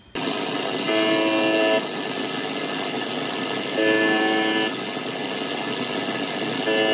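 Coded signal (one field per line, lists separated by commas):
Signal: channel marker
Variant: UVB-76 (The Buzzer)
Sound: harsh one-second buzzes repeating about every three seconds, three in the clip, over hiss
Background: radio static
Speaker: so now i'm going to let you hear a live uh version of the uvb 76 this is uh on a youtube channel called swl and you'll get to hear what it sounds like live as i'm recording this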